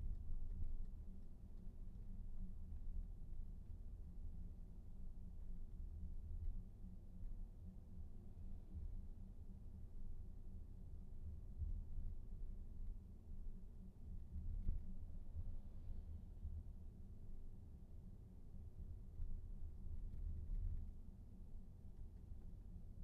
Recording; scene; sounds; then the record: everyday scene through a hearing-aid microphone; in a vehicle; engine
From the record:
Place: VW T5 Caravelle, diesel engine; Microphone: behind the ear, right, rear